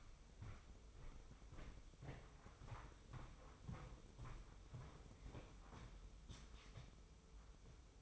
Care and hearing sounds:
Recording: daily activity, microphone in the room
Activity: walk to room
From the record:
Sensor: 1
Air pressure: 995.5 hPa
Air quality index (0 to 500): 36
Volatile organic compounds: 1 ppm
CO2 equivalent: 617 ppm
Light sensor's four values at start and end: 30/105/40/42 and 29/101/39/40

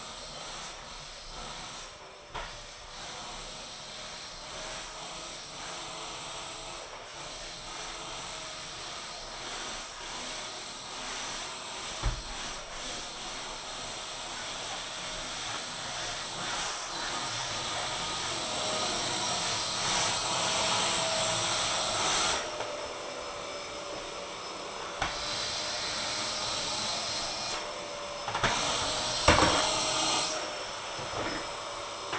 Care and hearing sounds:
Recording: daily activity, microphone in the room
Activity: vacuum cleaning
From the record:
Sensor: 5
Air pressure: 999.4 hPa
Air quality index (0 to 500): 226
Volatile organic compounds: 23 ppm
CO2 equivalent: 2768 ppm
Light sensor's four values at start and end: 34/79/32/30 and 33/76/31/30

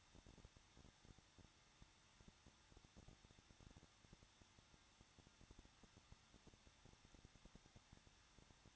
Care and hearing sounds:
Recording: daily activity, microphone in the room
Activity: no activity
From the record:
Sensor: 3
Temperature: 21.2 degrees Celsius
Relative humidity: 36.3%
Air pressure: 1006.3 hPa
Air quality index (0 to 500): 222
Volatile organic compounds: 42 ppm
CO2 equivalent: 3178 ppm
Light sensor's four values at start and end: 2/3/2/2 and 2/3/2/2

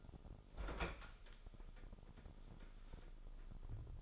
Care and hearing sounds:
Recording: daily activity, microphone in the room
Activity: open fridge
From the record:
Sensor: 5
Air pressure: 988.5 hPa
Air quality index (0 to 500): 218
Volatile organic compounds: 121 ppm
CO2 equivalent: 3880 ppm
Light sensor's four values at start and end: 43/132/51/55 and 44/131/52/55

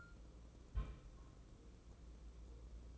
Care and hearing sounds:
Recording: daily activity, microphone in the room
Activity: place on stove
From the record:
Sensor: 1

